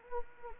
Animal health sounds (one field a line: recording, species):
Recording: mosquito wingbeat signal from an infrared sensor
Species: Anopheles arabiensis